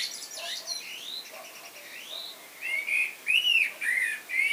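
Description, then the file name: Common blackbird, fluty whistled notes in a short phrase, preceded by quieter rising and falling sweeping whistles. "Turdus merula"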